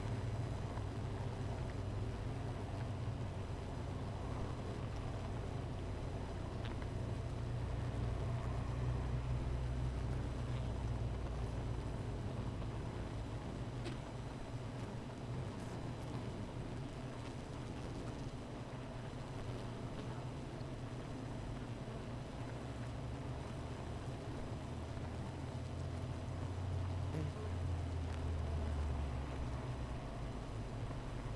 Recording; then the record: honeybee colony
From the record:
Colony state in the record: missing queen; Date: 14 July 2017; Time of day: 16:10